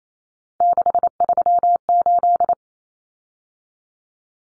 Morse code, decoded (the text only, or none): 638